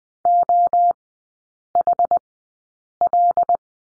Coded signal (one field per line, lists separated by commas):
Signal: Morse code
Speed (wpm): 20 wpm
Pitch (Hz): 700 Hz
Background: none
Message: OHL